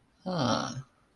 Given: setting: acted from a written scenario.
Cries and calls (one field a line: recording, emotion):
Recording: vocal sound without words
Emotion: interest